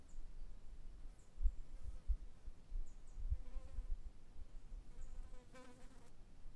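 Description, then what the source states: Fly buzzing, a droning hum that swells briefly near four seconds and again near six as it passes, over low wind rumble and faint repeated high chirps. Recorded on a hot afternoon by a lake.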